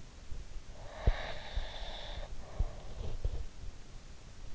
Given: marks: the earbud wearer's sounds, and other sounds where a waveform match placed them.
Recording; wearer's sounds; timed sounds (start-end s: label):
sounds in sleep by an in-ear microphone; breath
0.97-3.54 s: breath